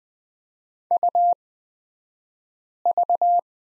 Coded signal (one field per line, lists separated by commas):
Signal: Morse code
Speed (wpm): 20 wpm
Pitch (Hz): 700 Hz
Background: none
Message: UV